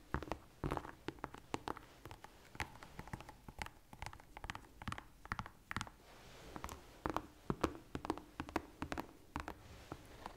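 Slow tapping: sharp, separate clicks and knocks arrive irregularly, roughly one or two per second, some louder and fuller than others. Faint tonal hums sit underneath, and a few taps carry a slight creaky, mechanical ring.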